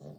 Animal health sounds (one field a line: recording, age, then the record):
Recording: pig call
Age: piglet (1 to 25 days)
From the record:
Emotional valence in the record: negative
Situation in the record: long isolation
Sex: female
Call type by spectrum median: low-frequency call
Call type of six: low-frequency stable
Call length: 0.19 s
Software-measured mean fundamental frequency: 48 Hz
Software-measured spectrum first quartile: 162 Hz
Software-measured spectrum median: 290 Hz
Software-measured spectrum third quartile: 571 Hz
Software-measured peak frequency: 216 Hz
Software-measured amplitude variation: 96 dB a second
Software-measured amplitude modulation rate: 20.8 a second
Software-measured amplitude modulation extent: 4.6 dB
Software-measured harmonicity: -0.5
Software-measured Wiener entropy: 0.01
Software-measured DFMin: 902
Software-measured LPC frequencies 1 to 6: 562, 3975, 4399, 5442, 6963, 8357 Hz